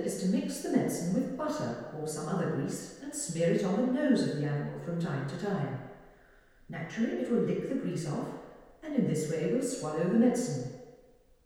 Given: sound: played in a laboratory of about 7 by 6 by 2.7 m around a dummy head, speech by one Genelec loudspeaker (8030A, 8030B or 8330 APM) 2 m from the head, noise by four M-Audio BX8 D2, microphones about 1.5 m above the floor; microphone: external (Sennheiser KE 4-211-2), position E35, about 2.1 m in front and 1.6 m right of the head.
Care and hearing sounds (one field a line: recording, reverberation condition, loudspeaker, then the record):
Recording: female speech in English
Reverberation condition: high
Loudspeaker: 120 degrees to the left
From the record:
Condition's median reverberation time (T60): about 1300 ms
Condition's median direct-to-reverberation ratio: about -4.0 dB